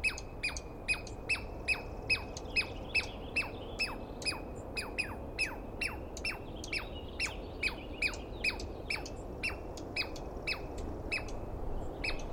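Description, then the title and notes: Douglas squirrel calls: fast repeated shrill chirps falling in pitch, slightly uneven in rhythm, with a low rumbling background underneath. Douglas pine squirrel screaming at length at dawn, morning of 21 April 2017, East Cascades; calling at the recordist, identified by sound without a good look. "On the morning of 21 April, 2017, I set up my microphones and recorder for a nice dawn recording in the East Cascades. I was started awake by a screaming Douglas Pine Squirrel"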